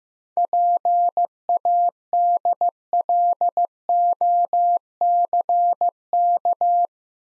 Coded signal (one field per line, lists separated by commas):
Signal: Morse code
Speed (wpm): 15 wpm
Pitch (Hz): 700 Hz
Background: none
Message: PADLOCK